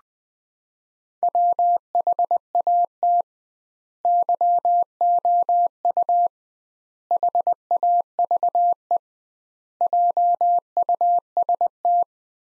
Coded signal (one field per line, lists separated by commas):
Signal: Morse code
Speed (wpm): 20 wpm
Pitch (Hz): 700 Hz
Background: none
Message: WHAT YOU HAVE JUST